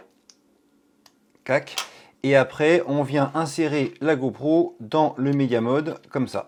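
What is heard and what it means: The plastic battery door of a GoPro 10 action camera is unclipped and fully removed from the camera body so the camera can be mounted in a media module, with a sharp click at 0.3 s and smaller ticks near 1.1 s and 1.4 s. Someone then talks. The battery door comes off the camera.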